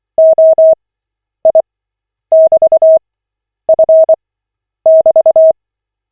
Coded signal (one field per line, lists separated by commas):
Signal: Morse code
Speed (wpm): 24 wpm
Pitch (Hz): 640 Hz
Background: none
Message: OI<BT>F<BT>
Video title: Koch 18/40, 10.02.2025, CW practice session